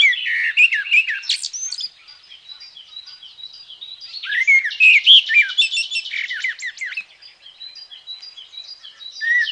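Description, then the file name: Common blackbird singing, low mellow warbled phrases followed by thin squeaky twittering, two bursts of song with a quieter pause between them. "Merel"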